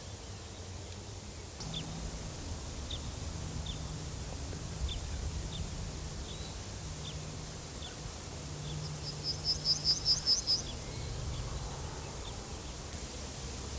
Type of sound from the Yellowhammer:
song